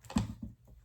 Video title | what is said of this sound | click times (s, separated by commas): 99-00 Escalade cluster repair and swap for 95+ OBS Chevy | we got it clicked in there. | 0.2 s